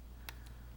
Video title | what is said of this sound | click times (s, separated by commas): Transformers Universe/Classics 2.0 Silverbolt | lock into place just snap it in right there | 0.3 s